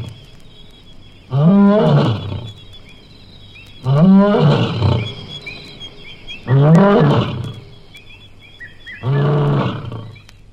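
Animal calls, four loud harmonic cries, repeated about every two and a half seconds, with faint background hiss between them.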